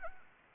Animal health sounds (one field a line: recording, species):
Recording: mosquito wingbeat signal from an infrared sensor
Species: Anopheles arabiensis